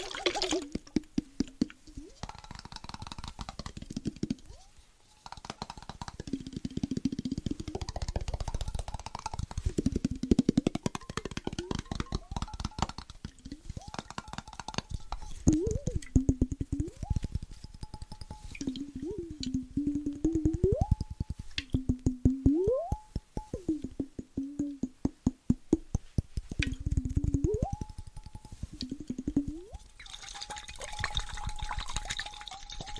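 Water bottles are shaken and tapped in a quick, regular rhythm, with dense clicks and knocks running through nearly the whole clip. Between the bursts, sloshing water rises and falls in pitch in short swoops, briefly holding a steady tone, with a brief lull around five seconds.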